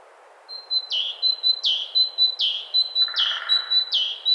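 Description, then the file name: Great tit singing a brisk two-note phrase, high thin tone then a lower sliding note, repeated five times; a soft lower buzzy sound overlaps late in the song. "Parus major"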